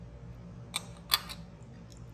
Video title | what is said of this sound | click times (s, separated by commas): How to Attach & Remove Screw-On Version of Harn Bracket to Metal Cabinet Drawers | pop it right in and it just locks in place with this little pin here | 0.8 s, 1.1 s